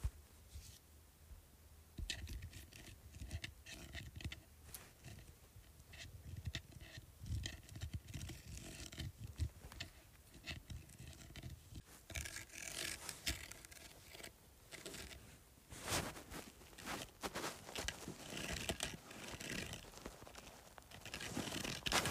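Scratching on a bumpy surface in rapid, irregular bursts of bright rasping, with a low rumble early on and denser, louder scraping later.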